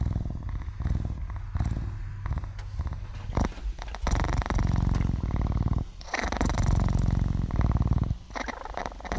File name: cougar cub purring Cougar Cub Purring